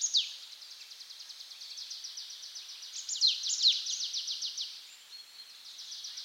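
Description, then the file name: Marsh tit call series: a long, fast, buzzy string of high notes punctuated by a few sharp, explosive downslurred notes. "Poecile palustris"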